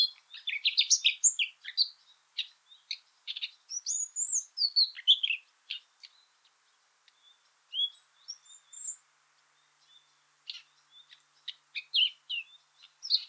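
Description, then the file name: Common nightingale singing, fast varied phrases of chirps, trills and whistles, pausing briefly before bursting into rapid chattering notes again. "Luscinia megarhynchos"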